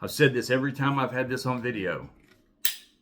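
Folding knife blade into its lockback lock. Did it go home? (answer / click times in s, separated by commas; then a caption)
yes / 2.6 s. Someone talks for about two seconds. After a brief quiet, the blade of a lockback folding knife with titanium bolsters snaps sharply into its lock at 2.7 s. The sharp, bright snap fades quickly, and the blade is locked.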